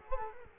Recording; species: mosquito wingbeat signal from an infrared sensor; Culex quinquefasciatus